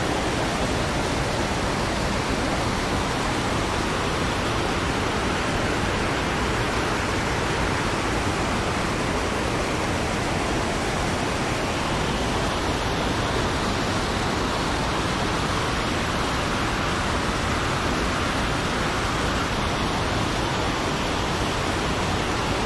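A partly frozen waterfall pours in a steady, dense rush that fills everything from deep rumble to bright hiss. The roar stays constant for the whole stretch, with no distinct events, only a faint shifting texture in the upper hiss.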